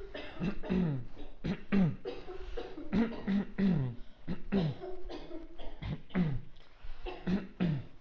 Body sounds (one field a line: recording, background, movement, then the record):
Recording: throat clearing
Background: a bystander coughing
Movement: walking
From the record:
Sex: male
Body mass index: 20.5 kg/m2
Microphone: on the chest, facing outward